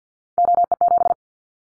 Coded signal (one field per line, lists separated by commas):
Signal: Morse code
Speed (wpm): 50 wpm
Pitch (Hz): 700 Hz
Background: none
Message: OE7